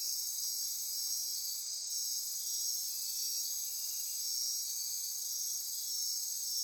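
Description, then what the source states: Insects in chorus, an unbroken high-pitched ringing buzz with stacked steady tones, constant loudness. Insect chorus recorded at midnight near Corcovado.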